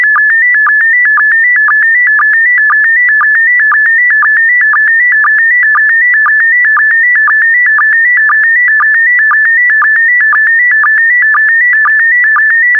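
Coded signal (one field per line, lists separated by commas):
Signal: SSTV (slow-scan television)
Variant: PD120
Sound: warbling tone stepping between pitches, with a short low blip about twice a second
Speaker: transmission complete you can now check your decoded image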